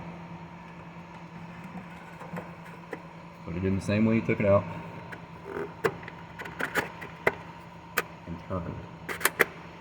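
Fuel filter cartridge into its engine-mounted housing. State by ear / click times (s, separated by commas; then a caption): seated / 9.3 s, 9.4 s. A new top fuel filter cartridge with a lock tab is inserted into its engine-mounted housing on a 2021 Ford F450 6.7 Powerstroke diesel and turned until it locks, while someone talks. A series of sharp clicks and taps follows, with the cartridge clicking home at 9.3 s and 9.4 s, seated.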